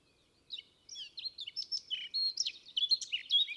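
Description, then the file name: Eurasian blackcap song: a rapid, varied warble of chirps and clear whistled notes, growing louder and richer through the phrase. "Sylvia atricapilla"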